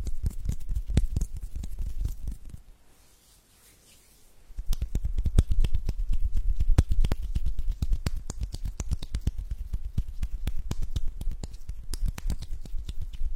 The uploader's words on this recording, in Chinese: 手部按摩（声控助眠）。